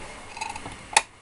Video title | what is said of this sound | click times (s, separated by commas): Threading up a Janome one step sewing machine Bhasvic textiles demo | clicking into place just start sewing | 1.0 s